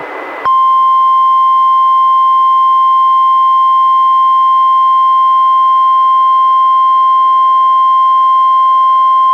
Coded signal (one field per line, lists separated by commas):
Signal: Emergency Alert System (SAME) tones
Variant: 1050 Hz attention tone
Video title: EAS #585: NWR Required Weekly Test- Dec. 1, 2021- 11:03AM PST